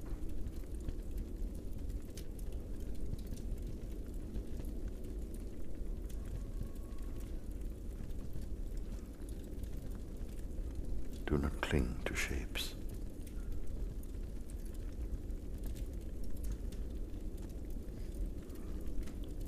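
A firepit burns in a cave with a steady, dense low rumble and roar that holds throughout. Faint crackles tick lightly across the clip, and a brighter burst of crackling and hissing flares around the twelve-second mark before settling back.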